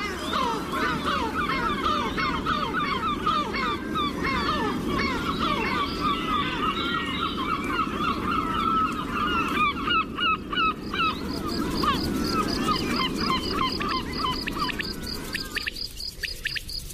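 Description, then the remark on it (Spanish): A loud, continuous din of many gulls calling and squabbling at once on the coast, harsh honking cries and yelps overlapping densely with no pauses, over a low rushing background. “Así imagino que ahora mismo las gaviotas andarán con sus pendencias por toda Acosta da Morte.”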